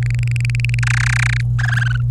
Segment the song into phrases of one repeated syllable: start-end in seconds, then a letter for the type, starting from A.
0.03-0.79 A, 0.83-1.41 B, 1.59-2.01 C